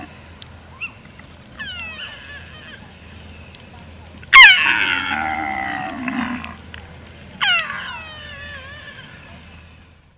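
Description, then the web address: Père David's deer calls: thin downward-sliding squeals, then a loud harsh wavering bellow lasting about two seconds, followed by another falling squeal near the end. "pere davids deer"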